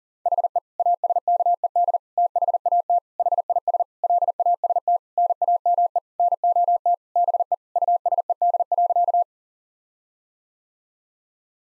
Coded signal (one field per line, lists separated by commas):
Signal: Morse code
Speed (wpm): 37 wpm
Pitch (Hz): 700 Hz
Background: none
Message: HE ASKED THAT HIS LAST NAME NOT BE USED.